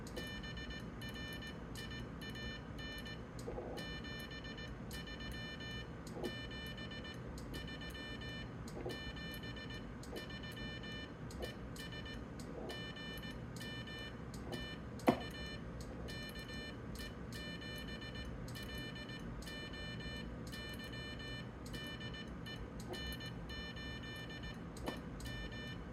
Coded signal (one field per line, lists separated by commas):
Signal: Morse code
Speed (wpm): 18 wpm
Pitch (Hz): 1800 Hz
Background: none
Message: BRIAN 73 7 3 7 3 ES GM TU KE7LOY DE N8EM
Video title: Flex Radio 1500 on CW QSO.